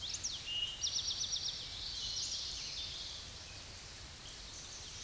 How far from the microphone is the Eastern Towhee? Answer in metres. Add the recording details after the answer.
about 30 m. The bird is about 5 m above the microphone. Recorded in a Pennsylvania forest on 16 May 2024 at 08:02. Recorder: AudioMoth, point MSD-2494. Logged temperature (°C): 15.6 °C. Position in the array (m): 183 m, 196 m